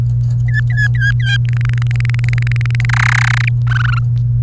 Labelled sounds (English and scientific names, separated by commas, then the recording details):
Domestic Canary (Serinus canaria) song
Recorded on 28 April 2018 at 11:52
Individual llb3